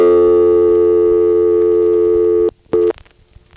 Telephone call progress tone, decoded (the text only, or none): dial tone